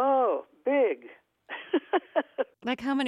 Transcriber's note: laughter